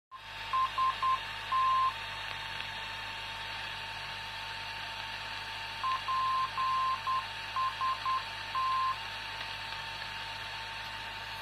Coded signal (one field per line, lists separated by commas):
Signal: Morse code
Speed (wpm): 10 wpm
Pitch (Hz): 1050 Hz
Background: none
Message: ST PST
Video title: NDB PST Porto Santo 338kHz 30.09.2016 19:00UTC